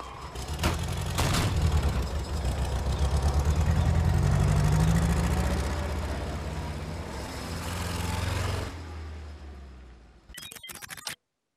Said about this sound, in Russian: Их увозят в УАЗике.